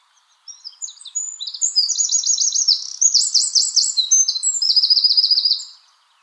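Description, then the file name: Eurasian wren singing one sustained, loud, very high song, beginning with scattered notes and building into fast, rattling trills for about five seconds. "Troglodytes troglodytes"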